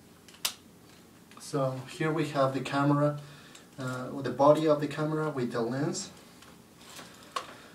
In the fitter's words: there is a wall that is in in the correct place so let's hear the click